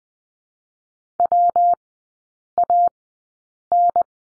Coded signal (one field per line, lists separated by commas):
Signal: Morse code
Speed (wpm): 20 wpm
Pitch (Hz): 700 Hz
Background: none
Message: WAN